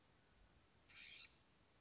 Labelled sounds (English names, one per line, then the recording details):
California Scrub-Jay
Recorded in Sonoma County, California